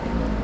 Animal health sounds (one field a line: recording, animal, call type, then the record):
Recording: contact call of a hoofed animal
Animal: wild boar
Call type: grunt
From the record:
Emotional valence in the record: positive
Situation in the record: food anticipation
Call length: 0.44 s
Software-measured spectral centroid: 1450 Hz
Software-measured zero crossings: 970 a second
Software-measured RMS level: -24 dBFS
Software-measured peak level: -13 dBFS